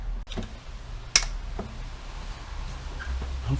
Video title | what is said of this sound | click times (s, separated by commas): BMW E46 330i CCV Refresh M54 NO intake manifold removal! Part 2 | you heard that click | 1.2 s